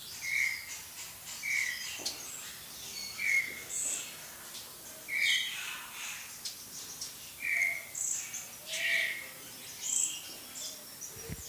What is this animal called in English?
Vitelline Masked-Weaver